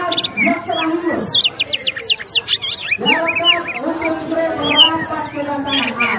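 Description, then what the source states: Oriental magpie-robin delivering rapid sweeping whistles and trilled notes over lower, rougher chattering sounds. Master recording of a magpie-robin named Hercules, aggressive fighting song ('ngotot full tembakan': persistent, full of bursts), used for training cage birds.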